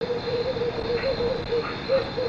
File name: Avian-Vocalizations-Center- -AVo Cet-recording-of-Camiguin-Hawk-owl-Ninox-leventisi